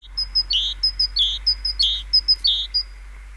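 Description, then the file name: Great tit song: phrases of thin high notes, each followed by a lower, fuller note, repeated four times in quick rhythm. "Parus major"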